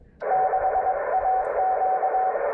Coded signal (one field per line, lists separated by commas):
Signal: Morse code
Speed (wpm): 22 wpm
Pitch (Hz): 750 Hz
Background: radio noise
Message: 6AQ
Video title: Morse Code QSOs on 18 MHz - Parks on the Air Activation